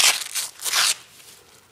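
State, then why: Not seated. A removable rubber and fabric Cavello hoof boot is pulled onto a horse's hoof, making bursts of broadband crunching and crackling from about 0.0 to 0.5 s and again from 0.6 to 0.95 s before fading to quiet. The boot has not seated and nothing has clicked yet.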